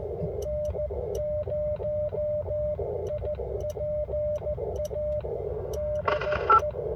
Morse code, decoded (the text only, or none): N0IPA DE